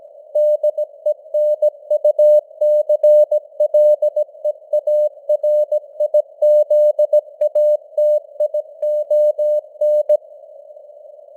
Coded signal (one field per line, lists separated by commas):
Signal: Morse code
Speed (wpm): 17 wpm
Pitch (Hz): 600 Hz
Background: none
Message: DENUCLEARIZATION